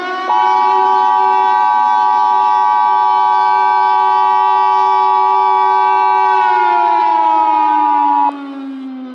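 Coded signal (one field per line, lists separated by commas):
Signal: Emergency Alert System (SAME) tones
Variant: 853 and 960 Hz attention tone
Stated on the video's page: Fictional mini Emergency Alert System scenario about a blood moon disaster; a simulated alert.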